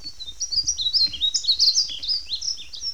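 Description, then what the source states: Painted bunting singing a fast, continuous warble of high, sweet, jumbled notes that rise and fall without pause, with faint low rumbling underneath. Recorded at Mitchell Lake.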